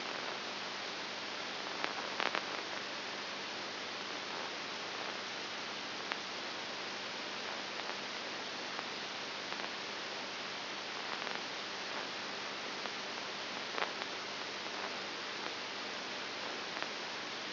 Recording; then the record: brain microelectrode recording played as sound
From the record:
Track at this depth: outside the subthalamic nucleus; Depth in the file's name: 7.5 mm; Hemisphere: left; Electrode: 2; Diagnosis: Parkinson's disease